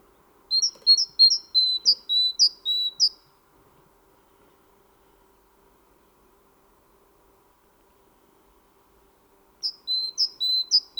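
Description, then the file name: Great tit song: a run of several repeated high-low whistled phrases, a long silent pause, then a few more phrases of the same two-note pattern. "Parus major"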